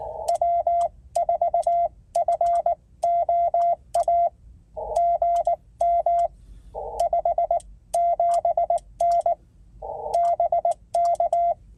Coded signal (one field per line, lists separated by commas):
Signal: Morse code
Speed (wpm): 19 wpm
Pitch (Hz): 690 Hz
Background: radio noise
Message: W4FOA GM 57N BK